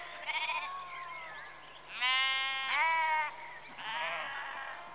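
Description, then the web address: Sheep bleating, a short bleat then several louder drawn-out bleats over a soft background hum. Rural exterior atmosphere, sheep in early evening, recorded close. "BBC Sound Effects Library - Exterior Atmospheres-Rural Backg Sheep Early Evening- Close"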